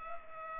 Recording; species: mosquito wingbeat signal from an infrared sensor; Culex pipiens